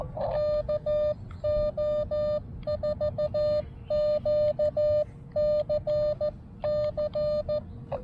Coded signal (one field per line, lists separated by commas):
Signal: Morse code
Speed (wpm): 15 wpm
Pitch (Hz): 600 Hz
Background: none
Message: KO4QCC